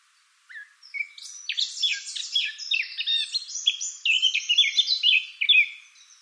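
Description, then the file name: Eurasian blackcap giving a long, rapid warble after a brief silence, dense twittering and chattering notes tumbling on without a break until the last half second. "Sylvia atricapilla"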